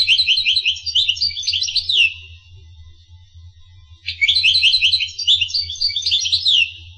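Finch song: two high twittering phrases of rapid chirps and trills, each two to three seconds long, separated by a quiet gap, over a faint hum.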